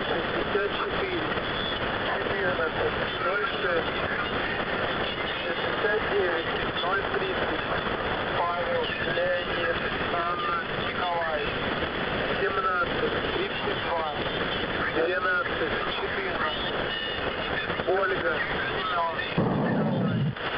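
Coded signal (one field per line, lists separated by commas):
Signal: coded military voice message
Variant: The Pip, Russian voice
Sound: a male voice reading a message through steady shortwave hiss and fading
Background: radio static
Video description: "The Pip" is a Russian military station that broadcasts on 5448 kHz at daytime and 3756 kHz at nighttime.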